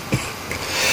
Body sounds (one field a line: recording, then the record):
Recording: coughing mixed with background sound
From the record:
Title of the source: Dry Afternoon Cough